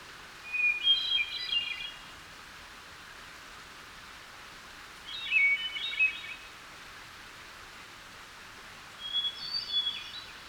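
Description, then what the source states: Hermit Thrush song: three flute-like phrases, each opening on a long pure whistle and breaking into a shimmering, higher flourish, spaced about four seconds apart. Singing in the morning, seen perched on a low limb in a hemlock tree near a small waterfall.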